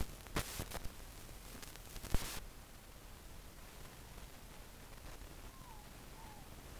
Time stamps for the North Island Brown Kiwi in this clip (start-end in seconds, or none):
none